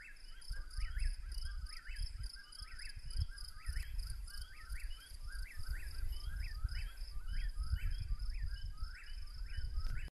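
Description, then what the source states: Eastern whip-poor-will sings a dense run of rising whistled phrases against steady cricket-like insect trilling and low rumble. Several birds recorded at night.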